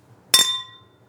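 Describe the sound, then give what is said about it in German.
A single bright clink of glasses meeting in a toast. A sharp strike is followed by a high, ringing tone that fades out within about half a second, with no voices. “Das klang heute nicht so schön wie letztes Mal mit den Weingläsern.”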